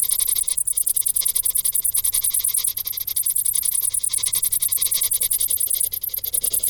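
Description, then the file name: Cricket chorus of very high, rapidly repeating pulses, continuous throughout with slight shifts in loudness. "Grillen"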